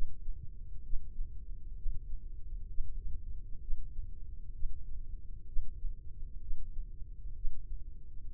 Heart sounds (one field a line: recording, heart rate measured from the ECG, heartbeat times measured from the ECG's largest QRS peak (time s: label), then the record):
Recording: heart sounds by microphone in the left ear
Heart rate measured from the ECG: 64 bpm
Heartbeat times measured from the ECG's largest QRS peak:
0.83 s: heartbeat
1.76 s: heartbeat
2.68 s: heartbeat
3.60 s: heartbeat
4.53 s: heartbeat
5.46 s: heartbeat
6.40 s: heartbeat
7.35 s: heartbeat
8.29 s: heartbeat
From the record:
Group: healthy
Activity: Valsalva maneuver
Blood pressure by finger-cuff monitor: 98/65 mmHg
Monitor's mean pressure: 78 mmHg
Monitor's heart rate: 65 bpm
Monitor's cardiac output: 3.5 L/min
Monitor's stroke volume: 54 mL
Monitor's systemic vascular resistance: 1600 dyn s/cm5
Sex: male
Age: 55 years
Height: 167 cm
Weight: 57.2 kg